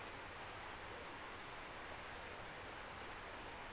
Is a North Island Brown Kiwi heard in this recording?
no